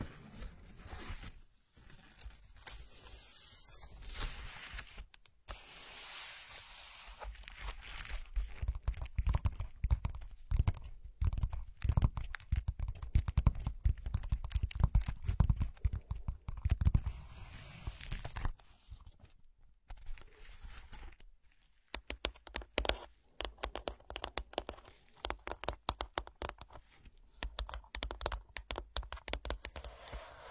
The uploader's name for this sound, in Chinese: 无人声搔耳朵